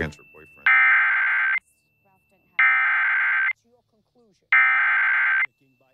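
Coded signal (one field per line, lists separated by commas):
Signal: Emergency Alert System (SAME) tones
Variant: header bursts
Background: speech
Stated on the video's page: SAME tones relayed by a Spokane TV station, captured directly from a Dish Network HD DVR receiver box via HDMI capture.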